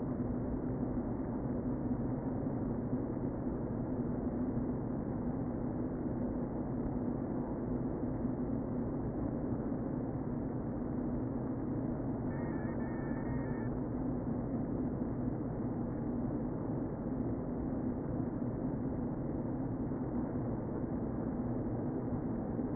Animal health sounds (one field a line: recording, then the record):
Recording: honeybee colony, microphone inside the hive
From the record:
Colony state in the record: queen present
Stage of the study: before two queens were removed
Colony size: about 60,000 bees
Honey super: yes